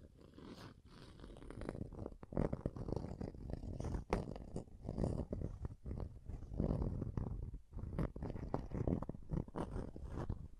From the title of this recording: Scratching & Tracing